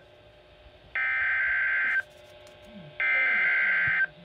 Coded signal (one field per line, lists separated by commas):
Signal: Emergency Alert System (SAME) tones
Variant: header bursts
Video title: EAS Alerts from Slight Risk Day! (EAS #7-10)